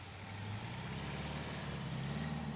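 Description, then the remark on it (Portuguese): A car engine rumbles steadily with a low droning hum and a faint shifting tone, holding at a constant loudness throughout with no voices. “Levou o meu carro!”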